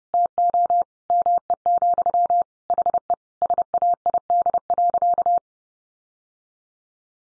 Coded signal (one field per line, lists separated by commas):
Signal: Morse code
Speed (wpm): 30 wpm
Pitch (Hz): 700 Hz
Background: none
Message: TO ME, HE SAID.